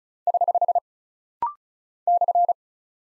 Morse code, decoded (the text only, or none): <HH> /